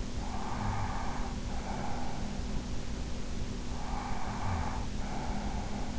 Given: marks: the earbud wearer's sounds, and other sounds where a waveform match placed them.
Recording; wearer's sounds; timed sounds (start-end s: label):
sounds in sleep by an in-ear microphone; breath
0.12-2.29 s: breath
3.77-5.99 s: breath